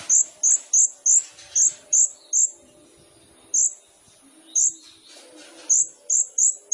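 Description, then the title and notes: Sunbird calls: sharp, very high chips, some in quick runs and others single, with pauses between. Masteran for songbirds, used as a lure to prompt singing; full of isian (filler phrases) and tembakan (shots); the bird is gacor, singing actively. "KOLIBRI NINJA FULL ISIAN DAN TEMBAKAN. Suara Burung Kolibri Ninja Gacor"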